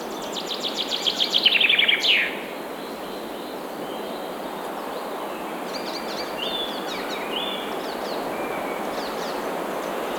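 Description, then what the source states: Bird song: a rapid trill of high repeated notes that falls at the end, then faint scattered chirps over steady background noise. Forest birds singing.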